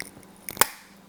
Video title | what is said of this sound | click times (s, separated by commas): [Sauerkraut 101] BONUS: Start of Ferment and How the Fido Works | you hear that snap now it's tight | 0.6 s